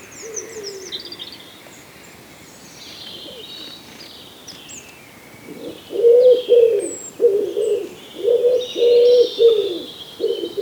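Common wood pigeon song: cooing notes repeated in a rhythmic phrase during the second half, with higher chirping songbirds throughout.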